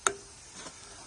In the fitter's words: ऊपर से प्रेस कर देंगे तो ये लॉक हो जाएगा।